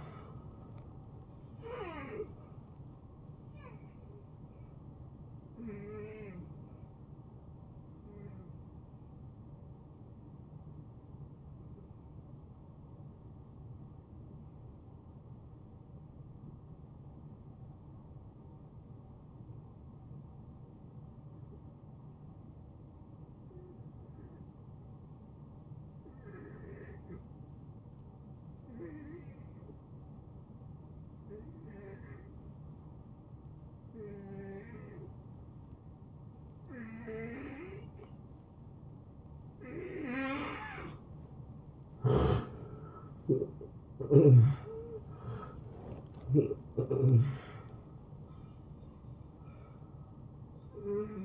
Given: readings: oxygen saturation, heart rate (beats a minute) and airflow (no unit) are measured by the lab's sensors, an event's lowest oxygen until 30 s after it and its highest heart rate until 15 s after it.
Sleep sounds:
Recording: breathing in sleep by a smartphone at the bedside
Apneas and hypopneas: 1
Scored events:
8.00-41.80 s: hypopnea (N1, oxygen 93% highest, then 79% lowest, heart rate 80 at the start, 83 highest)
11.00-41.00 s: new sleep stage, N2 (light sleep)
41.00-51.25 s: new sleep stage, N1 (lightest sleep)
From the record:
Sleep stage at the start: N1 (lightest sleep)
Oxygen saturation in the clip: 81 to 93%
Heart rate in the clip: 61 to 83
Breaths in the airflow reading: 9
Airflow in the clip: -20.9 to 8.2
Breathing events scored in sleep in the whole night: 263 in 5.5 hours asleep

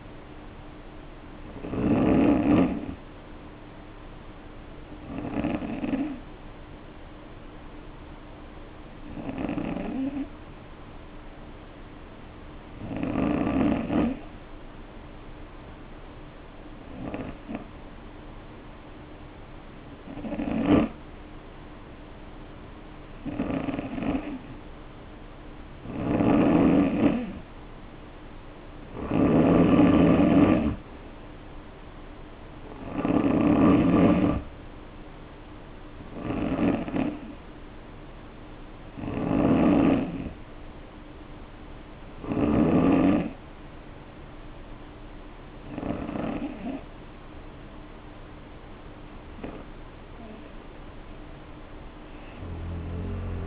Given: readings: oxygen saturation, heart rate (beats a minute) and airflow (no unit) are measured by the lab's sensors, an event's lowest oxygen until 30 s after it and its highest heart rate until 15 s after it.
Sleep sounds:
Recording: breathing in sleep by a voice recorder at the bedside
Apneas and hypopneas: 1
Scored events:
9.00-27.90 s: hypopnea (N2, oxygen 94% highest, then 88% lowest, heart rate 52 at the start, 61 highest)
From the record:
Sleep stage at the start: N2 (light sleep)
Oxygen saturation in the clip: 83 to 94%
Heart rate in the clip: 52 to 61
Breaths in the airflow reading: 12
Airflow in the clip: -2.5 to 2.8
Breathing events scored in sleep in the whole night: 520 in 7.2 hours asleep

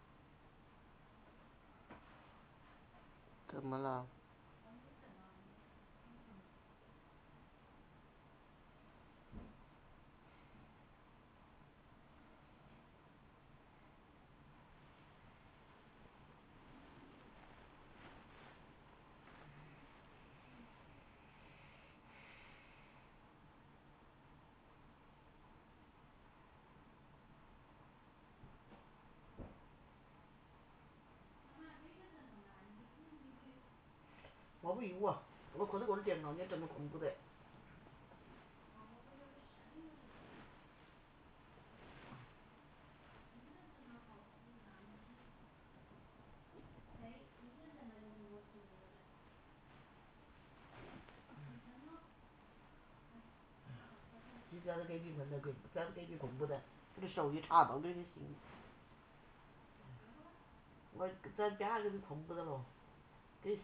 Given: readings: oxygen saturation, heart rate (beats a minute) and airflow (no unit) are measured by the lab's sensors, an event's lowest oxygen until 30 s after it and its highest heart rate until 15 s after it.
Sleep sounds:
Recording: a person awake in a sleep study, by a voice recorder at the bedside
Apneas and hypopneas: none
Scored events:
0.00-63.64 s: awake
From the record:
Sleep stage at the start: awake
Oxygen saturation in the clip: 92 to 96%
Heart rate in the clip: 58 to 72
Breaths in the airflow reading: 20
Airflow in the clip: -18.1 to 16.6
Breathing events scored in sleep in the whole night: 328 in 6.3 hours asleep

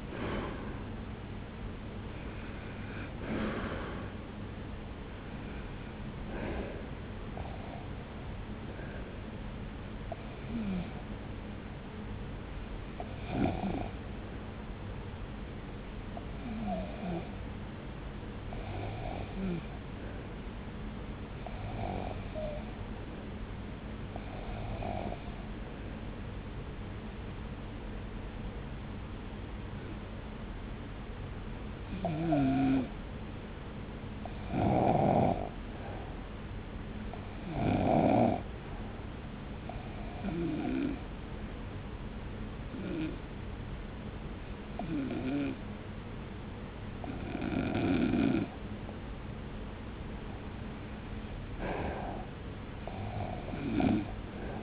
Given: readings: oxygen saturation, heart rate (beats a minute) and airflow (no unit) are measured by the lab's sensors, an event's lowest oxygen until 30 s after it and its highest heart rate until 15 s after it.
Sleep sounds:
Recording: breathing in sleep by a voice recorder at the bedside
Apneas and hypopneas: 1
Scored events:
9.00-42.60 s: hypopnea (REM, oxygen 95% highest, then 82% lowest)
From the record:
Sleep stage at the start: REM sleep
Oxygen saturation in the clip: 84 to 95%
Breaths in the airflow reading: 18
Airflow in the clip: -1.3 to 1.6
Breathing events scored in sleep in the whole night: 335 in 6.7 hours asleep

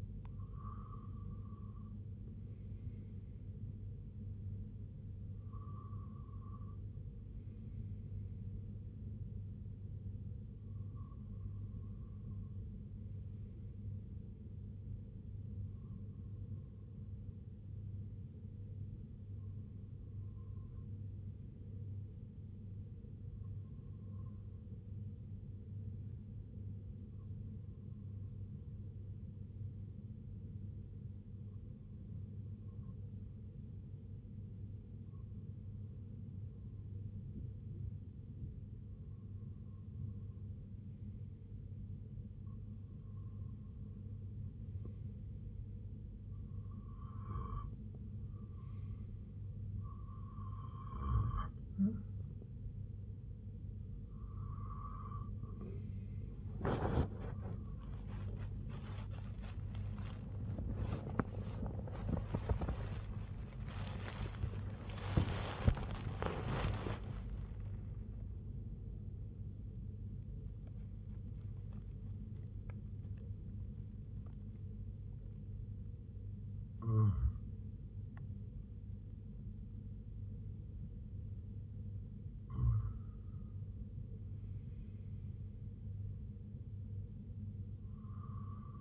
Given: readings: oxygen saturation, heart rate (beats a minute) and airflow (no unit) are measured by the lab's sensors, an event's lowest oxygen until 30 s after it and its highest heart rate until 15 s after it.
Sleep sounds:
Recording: breathing in sleep by a smartphone at the bedside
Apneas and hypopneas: 1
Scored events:
23.00-44.30 s: hypopnea (REM, oxygen 96% highest, then 92% lowest, heart rate 61 at the start, 80 highest)
58.00-88.81 s: new sleep stage, N1 (lightest sleep)
From the record:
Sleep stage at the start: REM sleep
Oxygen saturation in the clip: 92 to 97%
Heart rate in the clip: 58 to 97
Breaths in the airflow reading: 17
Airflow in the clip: -14.0 to 12.1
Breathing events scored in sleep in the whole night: 258 in 7.4 hours asleep

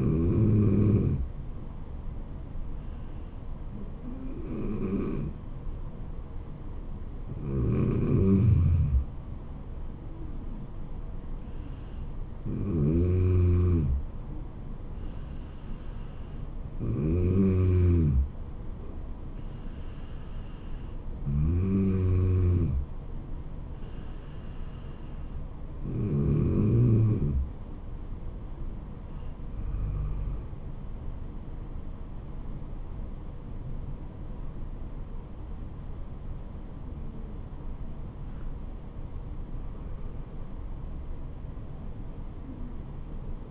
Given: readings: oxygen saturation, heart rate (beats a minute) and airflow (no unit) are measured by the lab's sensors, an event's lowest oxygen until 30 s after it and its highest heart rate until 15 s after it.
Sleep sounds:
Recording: breathing in sleep by a smartphone at the bedside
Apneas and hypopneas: 1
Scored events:
14.00-34.00 s: hypopnea (N2, oxygen 95% highest, then 94% lowest, heart rate 71 at the start, 79 highest)
From the record:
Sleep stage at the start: N2 (light sleep)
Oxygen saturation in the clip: 94 to 95%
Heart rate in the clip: 69 to 79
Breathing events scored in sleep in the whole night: 426 in 7.4 hours asleep

